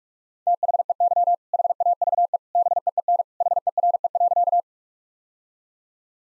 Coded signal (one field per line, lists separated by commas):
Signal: Morse code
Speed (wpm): 46 wpm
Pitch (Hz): 700 Hz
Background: none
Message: THEY HAVE BEEN HERE.